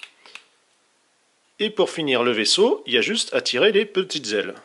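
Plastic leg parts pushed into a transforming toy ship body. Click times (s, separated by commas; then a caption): 0.0 s, 0.3 s. Plastic leg parts of a transforming toy spaceship are folded and pushed fully into the ship body, giving sharp snap-like clicks at 0.0 s and 0.4 s as they seat. After a short silence, someone talks.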